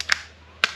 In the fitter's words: Clicks into place.